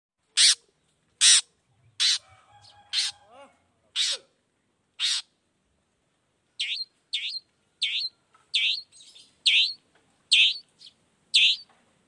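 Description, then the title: Long-tailed shrike giving harsh, broad rasping notes with some scratchy chatter, then a pause and a regular string of sharp, bright chips. Chatty morning song with varied notes, played to stir quiet shrikes into singing. "Cendet Gacor Dor Di Kala Pagi Toet Toet Variasi Suara. Cendet Gacor Di Pagi Hari Rangsangan Emosi Cendet Malas Bunyi Supaya Secepatnya Ikutan Bunyi"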